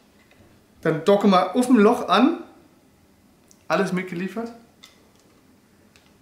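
A mounting screw is held with a driver against a drilled hole in a wall, lined up and ready to be driven in. Someone talks in two bursts, with a few faint short ticks in the quiet gaps. The screw has not been driven in yet, and nothing has seated or clicked.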